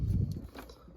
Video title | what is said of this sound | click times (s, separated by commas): How To Replace The Livewell Pumps On Your Boat | So, pop those together. You hear it click. Boom. Got it in there. | 0.3 s